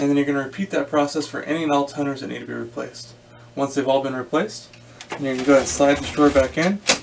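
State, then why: Not seated. Someone talks about handling the toner cartridge drawer of an HP P2055 laser printer after replacing the toners, as the drawer is about to be slid back into the printer body. Only speech is heard, with no distinct mechanical hits. Nothing has seated or clicked into place yet.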